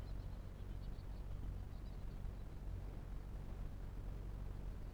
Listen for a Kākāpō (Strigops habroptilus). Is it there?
no